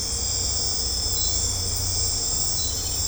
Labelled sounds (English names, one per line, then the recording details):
none
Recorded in secondary vegetation near Puerto Asís, Putumayo, Colombia, on 18 December 2024 at 20:30
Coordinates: 0.502, -76.326
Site G028